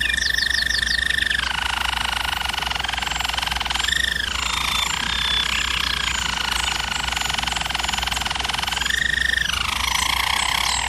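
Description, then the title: German Roller canary song: a few quick notes, then long low rolls that rise briefly midway and again near the end. German Roller canary singing, used for training canaries. "German Roller Canary Singing - Canary Training Vid"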